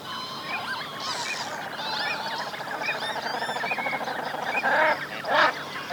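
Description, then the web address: Common shelduck calling amid a busy flock, a mix of short whistled notes and harsh nasal honks, with louder bursts toward the end. "Shelduck"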